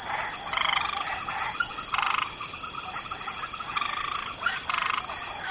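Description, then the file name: Frogs croaking in quick rattling pulses, a few stronger bursts among softer ones, with a steady insect drone high above. Light chorus of frogs in a swamp ambience. "Swamp Ambience 2 Special Mix Light Chorus of Frogs"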